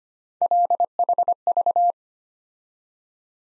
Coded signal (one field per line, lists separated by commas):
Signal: Morse code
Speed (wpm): 25 wpm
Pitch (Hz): 700 Hz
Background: none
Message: LHV